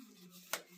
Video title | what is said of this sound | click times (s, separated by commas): R-Rated Review: Wagner Flexio4300 Paint Sprayer | And then the bottom of it locks into place | 0.5 s